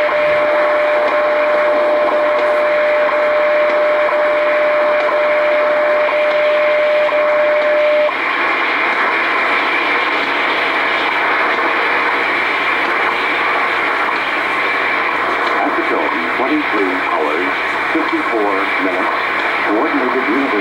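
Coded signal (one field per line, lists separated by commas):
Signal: radio time signal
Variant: WWV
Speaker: 25 MHz new frequency for WWV in Colorado 23 hours 63 minutes coordinated universal time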